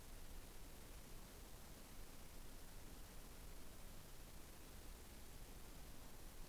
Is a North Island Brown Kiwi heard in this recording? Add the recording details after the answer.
no. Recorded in New Zealand on 15 November 2013. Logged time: 00:43. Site BV22